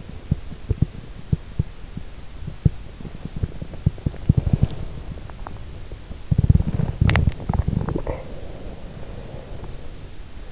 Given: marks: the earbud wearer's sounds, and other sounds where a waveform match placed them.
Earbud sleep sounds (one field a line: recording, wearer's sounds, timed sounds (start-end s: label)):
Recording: sounds in sleep by an in-ear microphone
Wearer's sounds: teeth grinding, swallowing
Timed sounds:
0.00-6.91 s: teeth grinding
6.91-10.52 s: swallowing